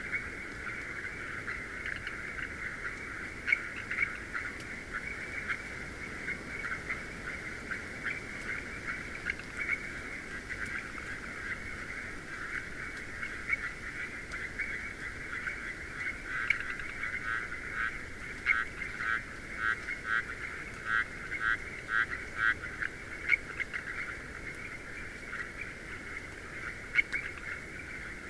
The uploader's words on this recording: Garo Hills Frogs, Himalayas - If We Vanish. The Garo Hills are the youngest part of the Himalayas.